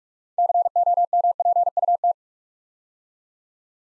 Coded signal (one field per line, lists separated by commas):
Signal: Morse code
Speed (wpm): 44 wpm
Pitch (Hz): 700 Hz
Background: none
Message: COMPUT